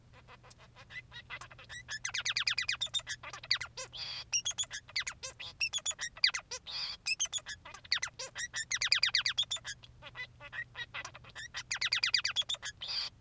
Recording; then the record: song of a male Bengalese finch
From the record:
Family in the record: son of father 3